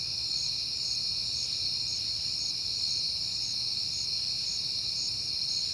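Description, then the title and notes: Crickets trill steadily while one gives short bright chirps at a regular pace, roughly twice a second, above a soft low hum. Recorded on a peaceful September night; crickets heard often that month. "Night Time: Crickets and Passing Cars. It is September and I have been hearing the crickets a lot, but finally had a peaceful night to make the recording"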